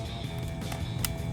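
A wiring connector is plugged into the ignition coil of a 2010–2015 V8 Camaro during a Dragon Fire Performance ignition tune-up kit install, over steady background music. A short, sharp click at 1.0 s shows the connector seating in place, confirmed as seated.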